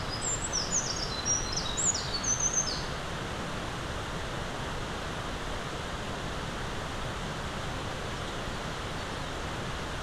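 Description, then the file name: Eurasian wren: small songbird giving a quick outburst of shrill, high notes and short trills in the first few seconds, then only steady background hiss remains. Recorded 20 April 2026. "260420 004 misosazai"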